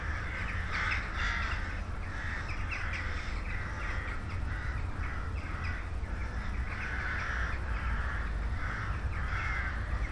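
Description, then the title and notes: Crows calling as a flock, many harsh caws overlapping and coming in clusters throughout, with a constant low rumbling noise underneath. Flock of crows in the evening sky, late evening at night, St. Peter-Ording, Germany. "St. Peter-Ording, 25826 Sankt Peter-Ording, Germany - crows at night kraehen am spaeten abend. ein kraehenschwarm am abendhimmel. a swarm of crows at night sky"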